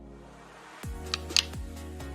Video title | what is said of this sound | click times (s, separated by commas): Donning (putting on) the MyoPro® 2x - Dorsal Right | The piece should click in place. | 1.1 s, 1.4 s